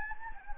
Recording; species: mosquito wingbeat signal from an infrared sensor; Anopheles gambiae